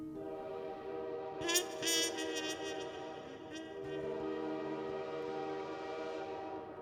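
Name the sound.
train at station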